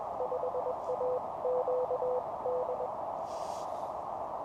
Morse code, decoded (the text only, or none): 5AQD